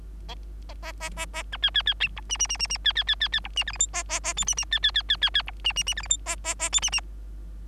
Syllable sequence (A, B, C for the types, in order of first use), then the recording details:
A A A A A B C C C D E E E E E C C C C C D E F G H A A A I E E C C C C C C D E E E F G H A A A I E E. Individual Bird3